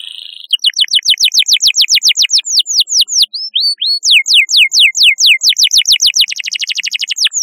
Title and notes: Kicau Burung Kenari